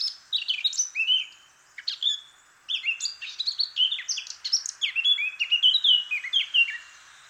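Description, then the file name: Eurasian blackcap singing fast warbling phrases of chattering notes and clear whistles, with short pauses between them. "Sylvia atricapilla"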